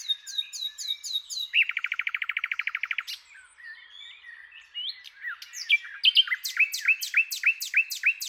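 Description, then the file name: Common nightingale song: repeated high swooping notes, a fast lower trill of even pulses, a soft varied interlude, then a string of loud, sharp notes. "Luscinia megarhynchos"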